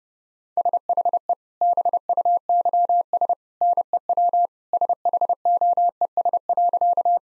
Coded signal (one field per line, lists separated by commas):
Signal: Morse code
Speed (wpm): 30 wpm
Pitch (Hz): 700 Hz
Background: none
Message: SHE BUYS NEW SHOES.